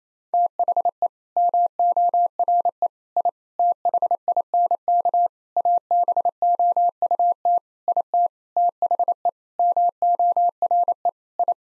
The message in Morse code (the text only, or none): THE MORE I THINK ABOUT IT THE MORE I